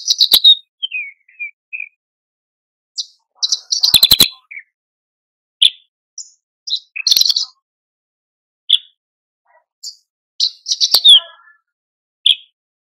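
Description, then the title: Horsfield's bush lark song: scattered high chirps, short whistles and brief chattering bursts separated by pauses. Masteran tutor recording for training caged birds; described as super gacor, singing persistently. "MASTERAN AMPUH KICAUAN BRANJANGAN SUPER GACOR"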